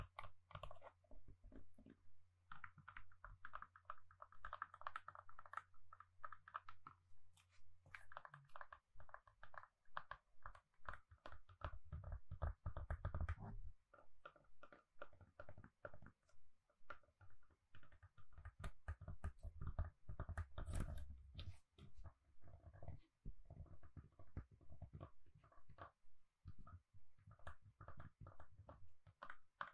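Gentle tapping goes on steadily for the full thirty seconds, quick, light strikes coming in dense, uneven bursts. A low steady hum sits under the first eight seconds and then stops, and a few louder, fuller taps stand out around thirteen and twenty-one seconds.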